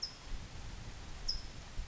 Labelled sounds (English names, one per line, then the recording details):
California Towhee
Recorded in Sonoma County, California